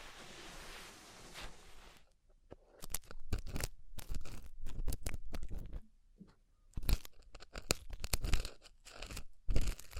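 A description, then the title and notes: Ear cleaning sounds: the first two seconds hold a soft, steady hiss, then dense bursts of crackly, crunchy scratching and rubbing follow in irregular clusters. A short near-silent pause falls around six seconds before the crinkly scraping resumes, with sharp pops near the end. ASMR Deep Ear Cleaning Session.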